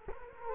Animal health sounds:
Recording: mosquito wingbeat signal from an infrared sensor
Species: Culex quinquefasciatus

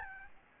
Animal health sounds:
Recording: mosquito wingbeat signal from an infrared sensor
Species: Aedes albopictus

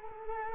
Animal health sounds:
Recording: mosquito wingbeat signal from an infrared sensor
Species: Culex quinquefasciatus

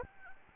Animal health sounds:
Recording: mosquito wingbeat signal from an infrared sensor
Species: Aedes albopictus

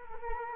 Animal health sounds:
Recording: mosquito wingbeat signal from an infrared sensor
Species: Culex quinquefasciatus

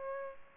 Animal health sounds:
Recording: mosquito wingbeat signal from an infrared sensor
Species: Aedes aegypti

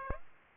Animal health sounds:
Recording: mosquito wingbeat signal from an infrared sensor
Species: Aedes aegypti

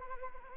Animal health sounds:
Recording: mosquito wingbeat signal from an infrared sensor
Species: Anopheles arabiensis

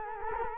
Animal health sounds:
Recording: mosquito wingbeat signal from an infrared sensor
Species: Culex quinquefasciatus

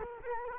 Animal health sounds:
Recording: mosquito wingbeat signal from an infrared sensor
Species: Culex quinquefasciatus

